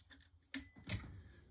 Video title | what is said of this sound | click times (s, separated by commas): Sew a tear nearly invisible | Make sure it clicks. | 0.5 s